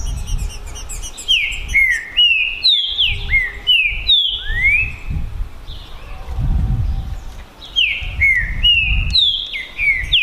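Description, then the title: Green-winged saltator singing runs of clear, falling whistled notes with a few rising slurs, thin high chirps above and low background rumble. Birds in a song contest, 2022 season, singing and showing male competitive behaviour; contestants named Naval and Demolidor. "DISPUTA DE TRINCA FERRO PERFEITA!! NAVAL VS DEMOLIDOR 2022! TEMPORADA 2022!"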